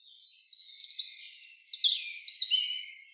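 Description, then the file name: European robin song: a quiet start, then high, clear whistled notes and a tumbling, descending run, ending in a thin falling whistle. "Erithacus rubecula"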